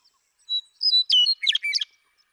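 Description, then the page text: Western meadowlark song: a short whistled phrase of clear slurred notes dropping into a rapid burbling, gurgling flourish, about one and a half seconds long. Male western meadowlark (Bird 1) singing in Sierra Valley, eastern California, 2018. "Birdsong for the Curious Naturalist: Explore #7. The joy of western meadowlark songs. Come along with me to Sierra Valley in eastern California where, during 2018, I just couldn't get enough of them"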